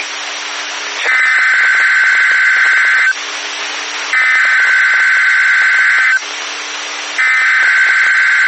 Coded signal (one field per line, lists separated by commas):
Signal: Emergency Alert System (SAME) tones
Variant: header bursts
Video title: EAS Great Shakeout Earthquake/Tsunami Drill Washington/Oregon (Required Monthly Test)